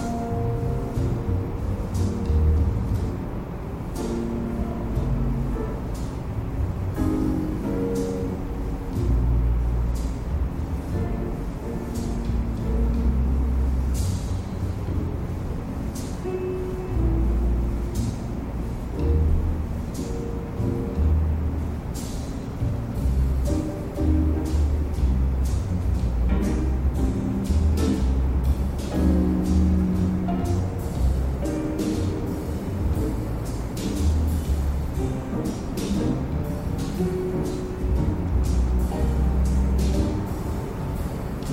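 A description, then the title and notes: Soft jazz plays in the next room, heard muffled, with its warm low and middle tones shifting from note to note while the treble is mostly dulled. The level holds steady for the whole stretch, and short bright ticks flicker through it often. Rest peacefully as soft jazz plays in the next room.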